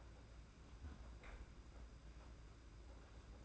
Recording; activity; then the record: daily activity, microphone in the room; close fridge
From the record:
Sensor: 2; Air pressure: 991.7 hPa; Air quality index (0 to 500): 222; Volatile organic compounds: 1000 ppm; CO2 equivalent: 7396 ppm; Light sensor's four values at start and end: 25/80/31/29 and 25/80/31/29